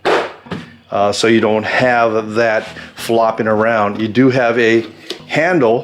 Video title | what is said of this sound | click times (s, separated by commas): Bodega WD45 BATTERY OPERATED FRIDGE * PERFECT FOR OVERLANDING | and it does lock into place here with this little latch | 0.5 s